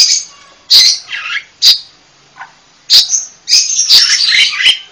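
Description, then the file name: Panca warna bird giving shrill high chirps and squeaky scratchy notes in short bursts separated by brief pauses. Indonesian songbird giving a loud, full song, described as ngeplong kencang. "Kicau Burung Panca Warna Ngeplong Kencang"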